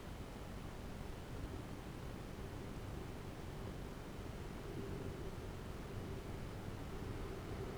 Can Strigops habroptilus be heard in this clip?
no